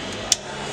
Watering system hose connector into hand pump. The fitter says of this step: clip it in through the hand pump till it clicks